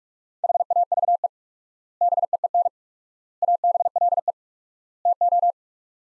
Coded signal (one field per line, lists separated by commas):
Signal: Morse code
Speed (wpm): 41 wpm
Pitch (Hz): 700 Hz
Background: none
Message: HAVE BEEN ABLE TO